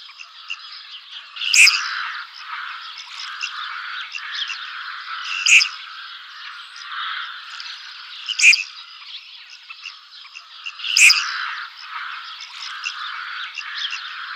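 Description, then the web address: Red-crested pochard: four loud, sharp notes a few seconds apart over continuous background sound. Male. "Schulze Peter Red-crested Pochard male"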